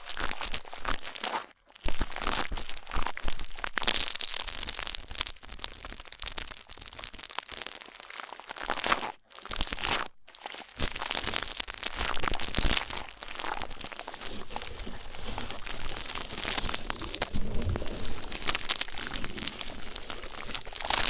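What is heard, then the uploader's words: Rough ear cleaning makes a dense stream of scratchy, crackling rubs and crunches that run almost without pause. The scraping is bright and gritty, with brief silent breaks near 2, 9 and 10 seconds, and it grows steadier and softer in the second half. ASMR Rough Ear Cleaning (No Talking).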